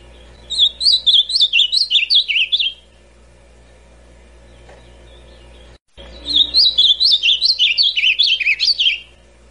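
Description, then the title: Ultramarine grosbeak song: two phrases of clear, wavering whistled notes, each a few seconds long, separated by a quiet pause; low steady hum underneath. Classic song style. "Azulão Canto Clássico Original"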